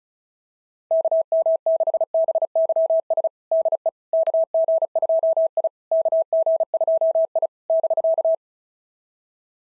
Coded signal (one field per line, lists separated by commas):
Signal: Morse code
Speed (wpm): 36 wpm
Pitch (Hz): 650 Hz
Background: none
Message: KM6BYS DE KG2I KG2I <BK>